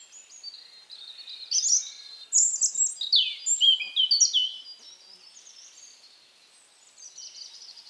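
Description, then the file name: European robin song, a long warbling run of high liquid notes and slurred whistles that fades into thin, drawn-out tones. "Erithacus rubecula"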